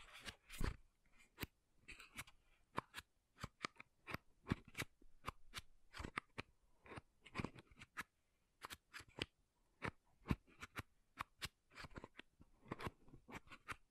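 Makeup tapping and scratching: sharp, bright clicks and short scrapes in quick irregular bursts, with brief quiet gaps between clusters throughout.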